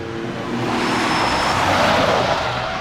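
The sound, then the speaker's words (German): A car pulls into a yard and brakes to a halt, raising a cloud of dust that catches up with it, with a loud, steady rush of engine and tyre noise swelling after a brief start and easing slightly at the end. “Das solcher Art effektvoll angehaltene Auto wurde von der selbst erzeugten Staubwolke eingeholt und dann eingehüllt.”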